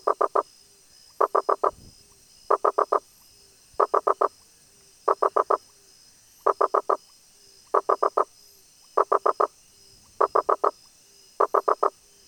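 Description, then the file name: Rosenberg's gladiator frog calling in bursts of three to four short knocking notes, each burst about every 1.3 seconds, over a steady high background hiss. "Boana rosenbergi"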